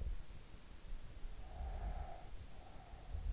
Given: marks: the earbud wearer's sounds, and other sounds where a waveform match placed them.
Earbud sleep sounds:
sounds in sleep by an in-ear microphone; breath
1.40-3.32 s: breath

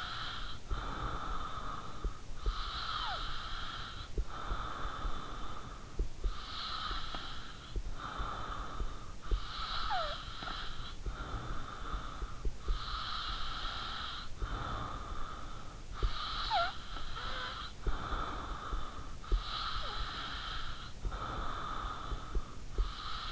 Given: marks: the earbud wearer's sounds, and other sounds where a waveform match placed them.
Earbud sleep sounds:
sounds in sleep by an in-ear microphone; breath, snoring breath
0.00-15.50 s: breath
15.50-19.00 s: snoring breath
19.00-23.32 s: breath

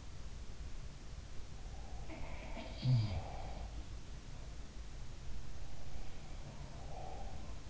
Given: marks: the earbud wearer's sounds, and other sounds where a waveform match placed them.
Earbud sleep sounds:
sounds in sleep by an in-ear microphone; breath
1.71-3.82 s: breath
2.07-3.63 s: sound from someone else or the room
5.73-7.70 s: breath

